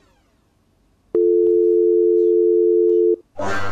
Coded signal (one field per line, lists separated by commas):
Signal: telephone call progress tone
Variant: North America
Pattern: dial tone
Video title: Eas alarm animated MIXED series 1,2,3 (33 episodes)